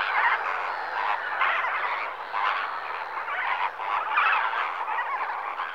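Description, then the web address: Flamingo flock calling, a dense continuous gabble of nasal honking calls overlapping throughout, with no pauses. Flock of flamingos recorded in the morning at Lake Nakuru, Kenya, Africa. "The BBC Sound Effects Library (Africa- The Natural World) Flamingoes, morning Lake Nakuru"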